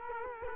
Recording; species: mosquito wingbeat signal from an infrared sensor; Culex quinquefasciatus